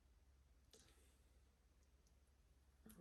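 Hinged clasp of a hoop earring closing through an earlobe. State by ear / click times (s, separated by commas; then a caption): not seated / none. A hinged clasp on a gold hoop earring is pressed closed through an earlobe while the earring is fitted into an ear, over a steady low hum. Two brief, faint ticks come at about 0.7 s and 2.9 s, but the clasp has not clicked shut or latched.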